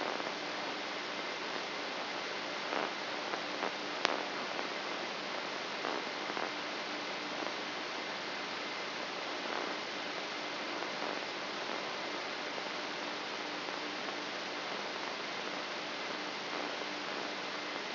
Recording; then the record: brain microelectrode recording played as sound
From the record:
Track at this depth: outside the subthalamic nucleus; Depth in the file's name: 1.539 mm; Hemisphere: left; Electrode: 3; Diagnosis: Parkinson's disease